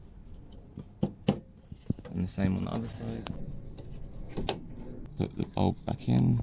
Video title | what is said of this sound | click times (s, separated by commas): How To Change The Washer Motor On A Smart Car !!!! | and just push it till it clicks. | 1.3 s